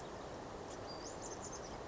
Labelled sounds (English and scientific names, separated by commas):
Western Flycatcher (Empidonax difficilis)